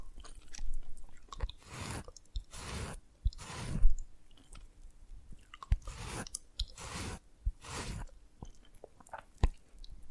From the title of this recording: Dalgona Candy Challenge Tapping, Cracking Triggers